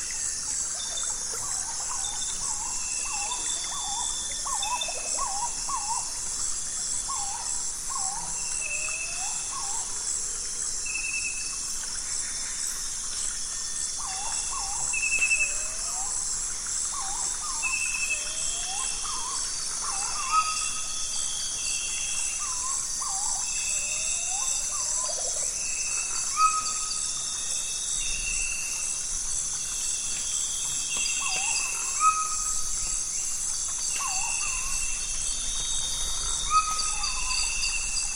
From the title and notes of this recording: Nightfall on the Zabalo. Today we’re visiting the Zabalo River in Ecuador.